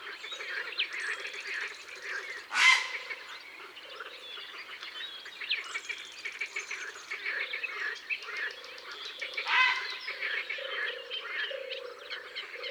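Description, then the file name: Grey heron giving two harsh, loud squawks several seconds apart over a busy background of chirping and twittering small birds. "Heron cendre"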